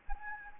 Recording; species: mosquito wingbeat signal from an infrared sensor; Anopheles gambiae